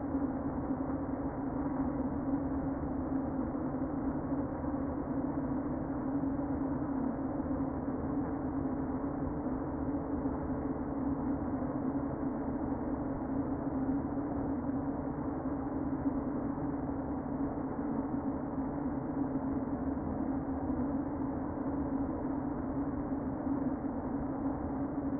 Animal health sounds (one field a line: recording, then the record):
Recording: honeybee colony, microphone inside the hive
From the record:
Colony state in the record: queen present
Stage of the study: before two queens were removed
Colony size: about 60,000 bees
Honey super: yes